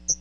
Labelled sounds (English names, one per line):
Hooded Warbler flight call